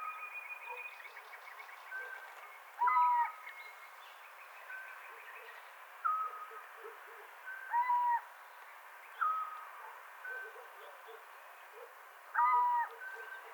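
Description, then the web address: Little owl giving several short, clear notes at irregular intervals, with faint other sounds behind. "athene noctua call"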